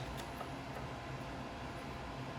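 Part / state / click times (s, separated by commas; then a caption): vehicle wiring harness plug into tail light socket / not seated / none. A plastic wiring harness connector is handled at the back of a new LED tail light on a Jeep Wrangler JK. Only a steady, even background noise is heard, with no distinct sounds. Nothing has seated or clicked yet.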